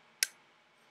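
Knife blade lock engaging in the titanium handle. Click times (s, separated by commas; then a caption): 0.2 s. A Buck Tom Mayo TNT folding knife with curved titanium handle scales is flicked open, and its liner lock engages with a sharp, bright metallic click at 0.2 s. A faint, lower tick follows near 0.9 s. The blade is seated in lockup, with the lock engaging early.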